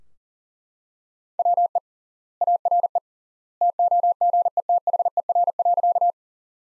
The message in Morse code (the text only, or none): WE ARE TOGETHER.